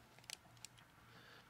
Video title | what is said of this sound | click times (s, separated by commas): Panasonic HC-V700 First Impressions | Clicks into place nicely. | 0.3 s, 0.7 s